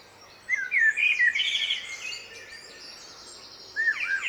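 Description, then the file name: Common blackbird giving a slurred warbling phrase with high twittering, then falling looped whistles near the end, over steady background hiss. "Turdus merula"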